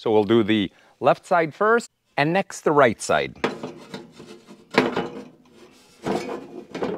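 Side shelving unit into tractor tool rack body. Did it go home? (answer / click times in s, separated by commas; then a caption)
yes / 4.8 s. Someone talks, then the left side shelving unit is pushed into the body of a tractor tool rack with rubbing and scraping sounds. It snaps into place with a sharp click at 4.8 s, seated, with a bolt to be added later.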